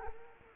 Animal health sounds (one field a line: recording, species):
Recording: mosquito wingbeat signal from an infrared sensor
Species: Culex quinquefasciatus